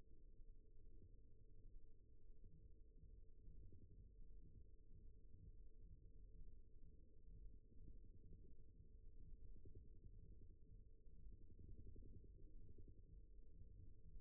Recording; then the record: forearm muscle sounds (acoustic myography)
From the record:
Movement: rest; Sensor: system 1, eight BSWA MPA416 microphones around the upper forearm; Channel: 3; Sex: male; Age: 54 years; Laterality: right